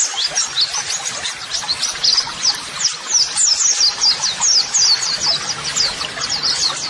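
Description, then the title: White-eye song: rapid high twittering with sweeping chirps, dense and continuous. White-eye singing vigorously ('gacor'), used as a model song (masteran) for training. "Pleci Gacor MASTERAN TERAPI PLECI"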